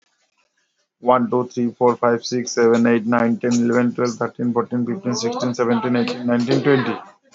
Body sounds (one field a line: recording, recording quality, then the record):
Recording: counting at a fast pace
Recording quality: excellent, no background noise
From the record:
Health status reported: respiratory illness, not identified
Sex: male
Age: 35 years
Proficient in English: yes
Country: India